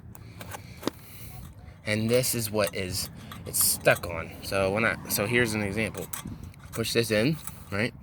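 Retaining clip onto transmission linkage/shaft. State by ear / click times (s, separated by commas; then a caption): not seated / none. A retaining clip for the transmission linkage shaft on a 2000 Eclipse GT is handled during transmission removal, with a few faint taps of handling near 0.2, 0.4 and 0.9 seconds. Someone talks from about 1.9 seconds onward. The clip has not clicked or seated yet.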